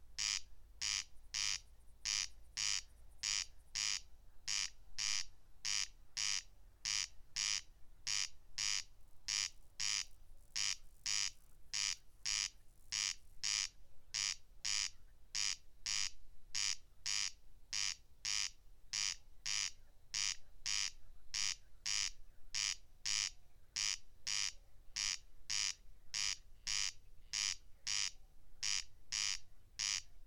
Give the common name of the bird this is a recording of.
Corn Crake